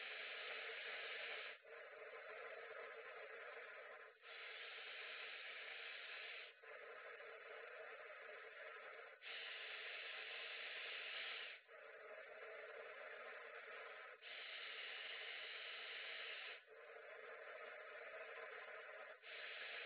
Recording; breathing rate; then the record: paced breathing near a phone; 12 breaths a minute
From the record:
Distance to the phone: 20 cm